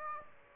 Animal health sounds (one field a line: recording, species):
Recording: mosquito wingbeat signal from an infrared sensor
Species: Aedes aegypti